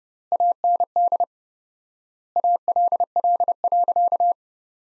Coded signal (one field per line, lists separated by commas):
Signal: Morse code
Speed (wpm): 31 wpm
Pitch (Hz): 700 Hz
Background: none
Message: AND ALL.